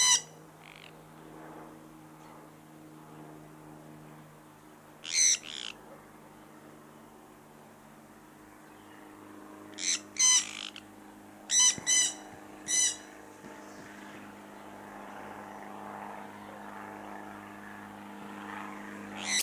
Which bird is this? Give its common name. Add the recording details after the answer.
Jandaya Parakeet. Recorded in captivity. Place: Tierpark Berlin, Berlin, DE. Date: 2004-09-25 14:00. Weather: sonnig, 14°C. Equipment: Sony WM-D6C, Sennheiser ME 80, Kopie Uher 4000 Report Monitor. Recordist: Tembrock, Günter. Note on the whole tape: Lautfolgen